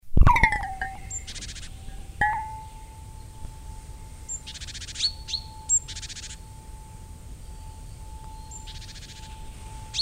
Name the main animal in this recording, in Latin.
Parus major